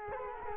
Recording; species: mosquito wingbeat signal from an infrared sensor; Culex quinquefasciatus